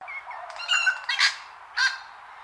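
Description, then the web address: Wattlebird giving harsh, raspy, guttural calls, a rough grating phrase followed by two loud coughing bursts, with no other clear sounds. "Sound Effects-Foundation 1 BIRD WATTLE BIRD CALL"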